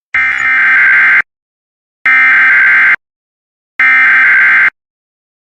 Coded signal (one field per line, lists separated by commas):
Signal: Emergency Alert System (SAME) tones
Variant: header bursts